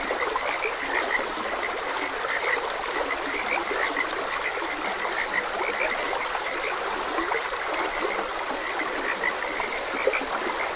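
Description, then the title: Frog croaks repeated densely throughout, over the soft, unbroken hiss of moving water. Frogs croaking beside a gentle stream. "Gentle Stream and Frogs Croaking"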